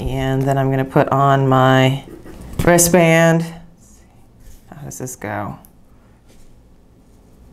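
A wristband is being fitted onto the lug of a refurbished Samsung Gear S2 smartwatch body. Someone talks, then soft handling sounds follow, with a brief sharp tick at 4.7 s. The band is handled but nothing has seated or clicked yet.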